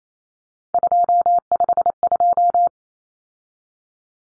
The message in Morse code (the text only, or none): 252